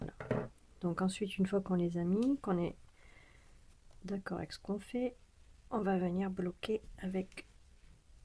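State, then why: Not seated. A plastic locking washer is being handled for the stem of a plastic safety eye set in a crocheted snowman head. Someone talks throughout, with a faint sound near 3.9 s. Nothing has seated or clicked yet.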